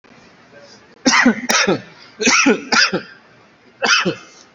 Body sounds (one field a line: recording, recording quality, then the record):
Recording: shallow voluntary cough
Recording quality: excellent, no background noise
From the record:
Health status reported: COVID-19 positive, mild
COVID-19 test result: positive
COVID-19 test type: RT-PCR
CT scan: taken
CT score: 5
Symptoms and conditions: cough, cold, sore throat, diabetes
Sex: male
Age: 43 years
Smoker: no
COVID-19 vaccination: one dose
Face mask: not worn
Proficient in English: yes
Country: India